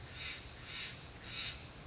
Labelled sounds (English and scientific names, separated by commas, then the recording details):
Steller's Jay (Cyanocitta stelleri)
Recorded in Sonoma County, California